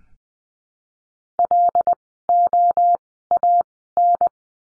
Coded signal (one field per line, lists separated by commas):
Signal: Morse code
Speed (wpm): 20 wpm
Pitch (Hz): 700 Hz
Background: none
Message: LOAN